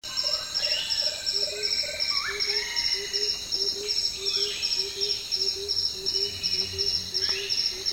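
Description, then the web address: Gilded barbet giving low hollow notes repeated steadily about three times a second, over a constant high shrill chorus of insects and some softer bird calls. "sound gilded-barbet. صدای-پرنده-ریشمرغ-زرنگار"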